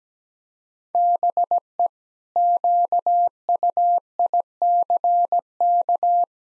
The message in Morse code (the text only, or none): BE QUICK